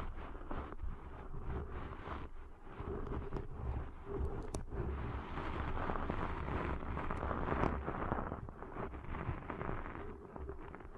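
Deep ear cleaning sounds fill the clip with dense, crackling rustles and rubbing that never let up. A low rumble runs steadily underneath, while sharper scrapes and clicks pop out irregularly, one bright snap standing out around four and a half seconds.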